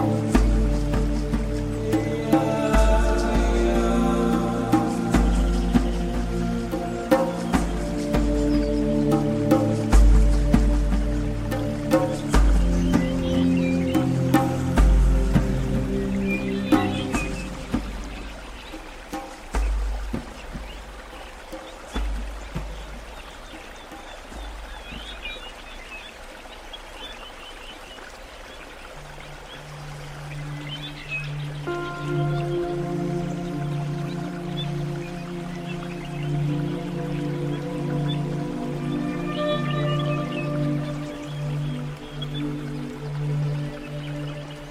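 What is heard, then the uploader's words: Calm zen music with deep sustained bass and layered tones thins out to quiet around twenty seconds, then a steady low drone returns beneath soft melody. Nature Sounds, Zen Music.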